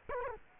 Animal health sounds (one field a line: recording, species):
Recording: mosquito wingbeat signal from an infrared sensor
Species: Culex quinquefasciatus